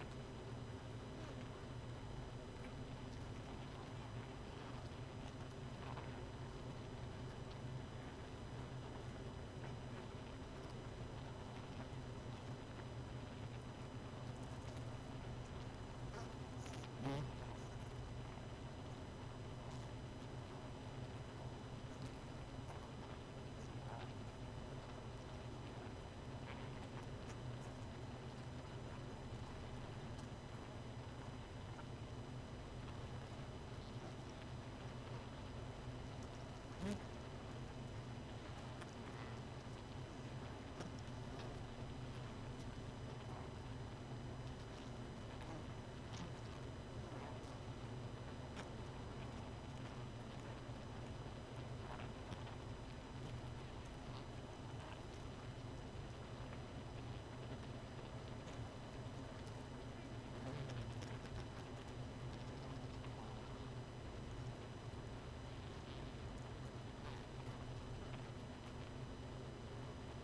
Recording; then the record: honeybee colony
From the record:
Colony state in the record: missing queen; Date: 31 May 2018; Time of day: 1:33